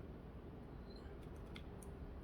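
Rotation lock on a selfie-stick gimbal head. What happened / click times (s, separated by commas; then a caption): The plastic rotation lock is handled but has not yet locked / none. Someone handles the rotating lock on the plastic gimbal head of an A21 360° manual selfie stick (2021), turning it toward the locked position. A few faint, brief ticks near 1.6 s and 1.8 s rise above a steady low background hiss. Nothing has seated or clicked into place yet.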